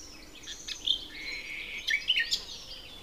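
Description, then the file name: Common nightingale singing bright whistled notes and quick chirps, with a sustained high tone in the middle and a cluster of sharp notes near the end. "Luscinia megarhynchos"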